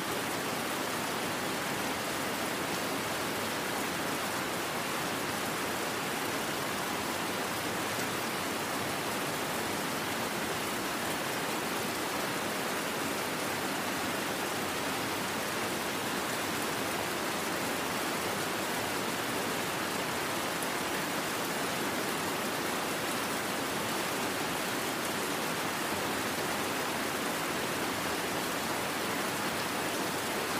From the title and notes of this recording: Rain Sounds.